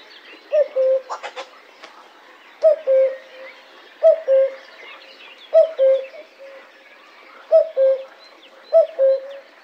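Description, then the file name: Common cuckoo repeating its soft cu-coo, high note then lower note, several times, with a few sharp clicks early and faint birdsong in the background. "cuculo"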